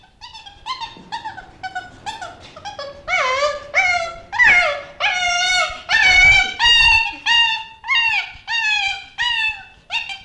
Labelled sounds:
Chimpanzee
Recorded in captivity
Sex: diverse
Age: juvenile
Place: Zoo Rostock, Mecklenburg-Vorpommern, DE
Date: 1965-09-01 15:00
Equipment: Uher 4200 Report Monitor, Sennheiser MD 421, Transistorverstärker 2
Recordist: Tembrock, Günter

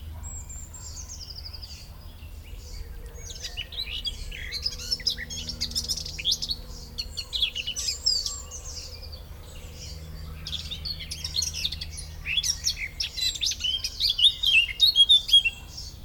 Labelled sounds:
Eurasian Blackcap song
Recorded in the wild
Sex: male
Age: adult
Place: Schloßpark Babelsberg, Brandenburg, DE
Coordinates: 52.4053, 13.0928
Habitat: park
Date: 1996-06-07 16:43
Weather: sunny, 30-32°C
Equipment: Sony MD-WM MZ-R3, Sennheiser MKH 416 T, Kopie Uher 4000 Report Monitor
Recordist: Tembrock, Günter

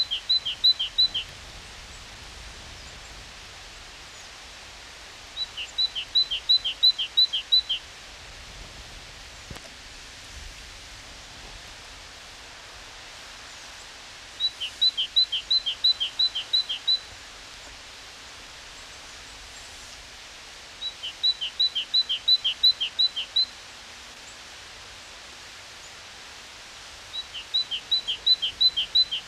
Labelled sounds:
Great Tit song
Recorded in the wild
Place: Oberstdorf, Bayern, DE
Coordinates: 47.4483, 10.2961
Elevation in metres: 857
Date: 1978-03-18
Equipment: Uher 4000 Report
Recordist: Tretzel, Erwin

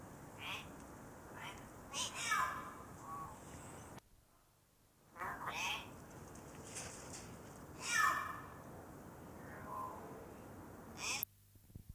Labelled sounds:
Yellow-faced Myna call
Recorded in captivity
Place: Zoo Halle, Sachsen-Anhalt, DE
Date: 2004-12-14 12:41
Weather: sunny, 2°C
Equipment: Sony WM-D6C, Sennheiser ME 80, Kopie Uher 4000 Report Monitor
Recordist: Tembrock, Günter

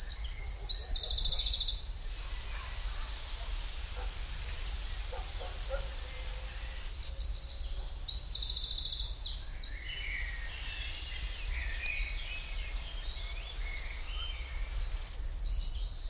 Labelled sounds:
Eurasian Wren song
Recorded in the wild
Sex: male
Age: adult
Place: Lübars (Fließtal), Berlin, DE
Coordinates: 52.6167, 13.35
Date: 1999-06-13 13:16
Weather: fair, 22°C
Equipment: Sony WM-D6C, Sennheiser ME 80, Kopie Uher 4000 Report Monitor
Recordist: Tembrock, Günter
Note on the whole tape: Gesang

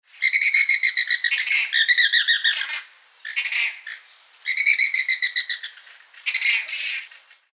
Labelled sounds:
Andean Flamingo
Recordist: Tembrock, Günter
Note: Laute im agonistischen Verhalten

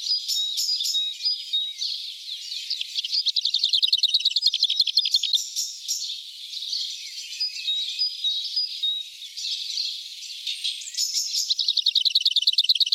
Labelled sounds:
Lesser Whitethroat song
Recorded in the wild
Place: Spieka-Neufeld/Cuxhafen, Schleswig-Holstein, DE
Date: 1979-05-19
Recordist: Schwarz, Dieter

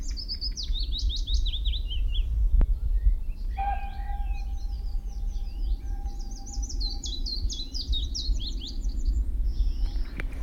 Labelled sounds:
Willow Warbler
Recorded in the wild
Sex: male
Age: adult
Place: Lichtenbergerhöhe, Tübingen, Baden-Württemberg, DE
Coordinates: 48.5147, 9.03611
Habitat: meadow, forest
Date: 1963-05-11
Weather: overcast, rain
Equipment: LGS26
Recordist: Schneider, Hans-Joachim

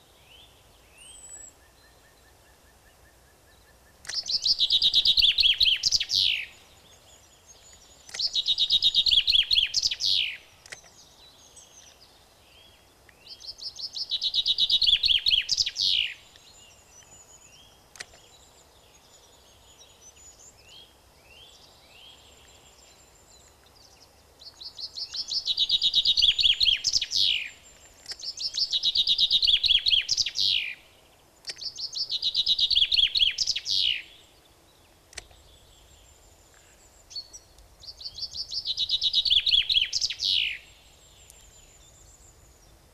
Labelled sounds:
Common Chaffinch song
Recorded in the wild
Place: Oberstdorf, Bayern, DE
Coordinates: 47.3961, 10.2503
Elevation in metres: 1030
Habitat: mountains
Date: 1985-04-04
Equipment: Uher 4000 Report
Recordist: Tretzel, Erwin

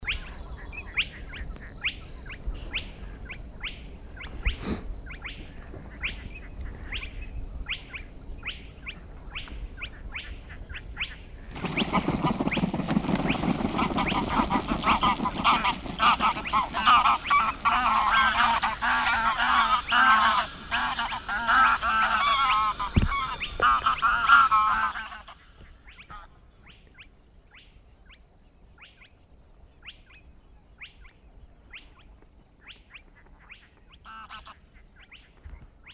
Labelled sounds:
Spotted Crake
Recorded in the wild
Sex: male
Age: adult
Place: Schwedt/Oder, Nationalpark Unteres Odertal, Brandenburg, DE
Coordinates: 53.1212, 14.3557
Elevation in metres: 1
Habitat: wetland
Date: 2015-04-23 02:46
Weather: clear, 3°C, almost windless
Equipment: Sound Devices 702, Sennheiser MKH 70, Rycote Windschutz
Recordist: Frommolt, Karl-Heinz

